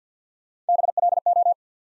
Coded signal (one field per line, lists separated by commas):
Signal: Morse code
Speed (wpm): 48 wpm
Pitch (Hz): 700 Hz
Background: none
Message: BLO